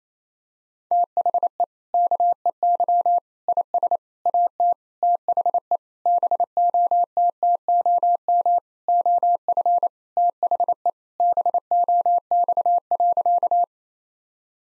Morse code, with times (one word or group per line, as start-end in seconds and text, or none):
0.9-1.6 THE
1.9-3.2 KEY
3.5-4.0 IS
4.3-4.7 AT
5.0-5.8 THE
6.1-8.6 BOTTOM
8.9-9.9 OF
10.2-10.9 THE
11.2-13.6 BOX.